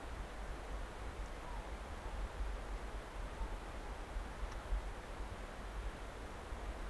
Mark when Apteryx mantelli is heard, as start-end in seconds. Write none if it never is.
none